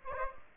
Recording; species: mosquito wingbeat signal from an infrared sensor; Anopheles gambiae